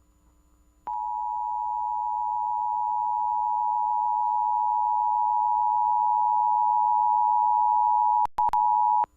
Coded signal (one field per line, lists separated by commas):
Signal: Emergency Alert System (SAME) tones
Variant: 853 and 960 Hz attention tone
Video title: (My First Video!!) EAS #01 Guam's Required Monthly Test (Great Shakeout Drill) on KGUM-AM